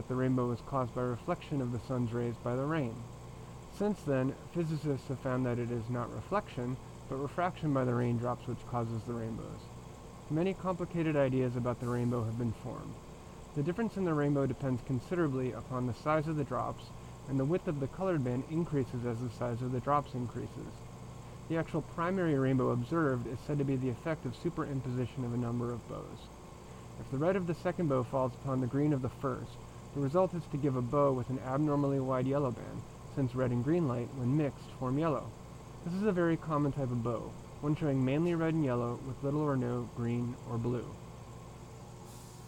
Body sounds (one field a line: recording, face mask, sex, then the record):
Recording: reading aloud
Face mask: surgical mask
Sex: male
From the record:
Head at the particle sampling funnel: turned sideways, cheek in front of it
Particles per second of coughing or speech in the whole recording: 1.43